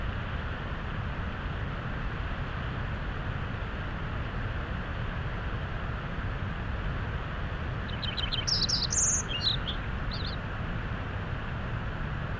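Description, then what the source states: Lincoln's sparrow song: one bright, jumbled burst of high warbled notes late, over continuous roaring water. Singing beside Tonahutu Creek at Big Meadows, west side of Rocky Mountain National Park, Colorado; roaring creek nearby; song described as sweet sounding with a little melancholy.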